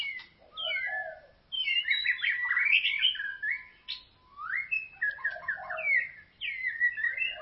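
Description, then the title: White-rumped shama song of loud rising and falling whistled phrases, separated by short silences, with a faint steady tone in the background. "Kicau Murai Batu"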